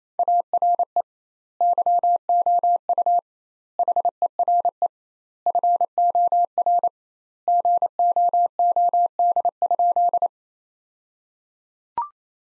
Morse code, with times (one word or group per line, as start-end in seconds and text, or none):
0.2-1.0 ARE
1.6-3.2 YOU
3.8-4.9 HERE
5.5-6.9 FOR
7.5-10.3 GOOD?